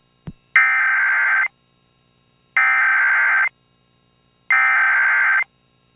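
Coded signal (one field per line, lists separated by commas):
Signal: Emergency Alert System (SAME) tones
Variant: header bursts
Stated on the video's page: Fictional NOAA Weather Radio station alert around a nuclear event.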